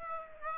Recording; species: mosquito wingbeat signal from an infrared sensor; Aedes aegypti